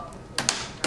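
Plastic keyboard trim is pressed home into a laptop top case, its clips snapping in as it goes. Three sharp clicks sound at 0.4, 0.5 and 0.8 seconds over a quiet background. The trim clips are seated.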